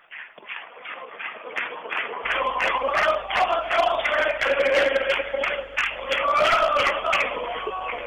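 Applause from the stands of a football stadium in Tudela during a match involving Sporting de Gijón B, a dense, steady patter of many hands clapping with crowd murmur mixed in, holding at a fairly loud level for the whole stretch.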